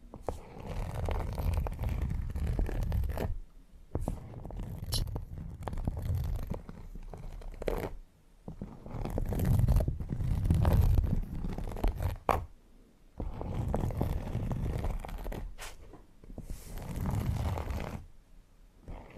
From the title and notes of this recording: TimASMR-Needle Fingers & Textured Leather Scratching (NO TALKING).